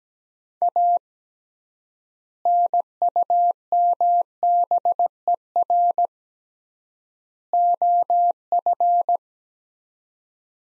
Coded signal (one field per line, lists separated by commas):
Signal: Morse code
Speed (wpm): 17 wpm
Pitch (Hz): 700 Hz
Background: none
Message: A NUMBER OF